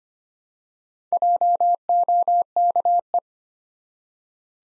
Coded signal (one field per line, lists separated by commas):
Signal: Morse code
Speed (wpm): 25 wpm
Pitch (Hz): 700 Hz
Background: none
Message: JOKE